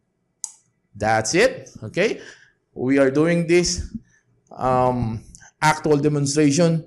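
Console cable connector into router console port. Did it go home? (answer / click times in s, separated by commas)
yes / 0.4 s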